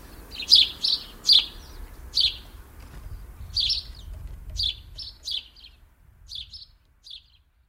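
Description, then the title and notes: House sparrow cheeping, strong chirps at first then spaced, fading calls, with a low rumble that drops away midway. "Viikon luontoääni: Varpunen. Juha Laaksonen"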